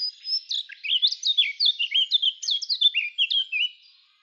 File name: Sylvia atricapilla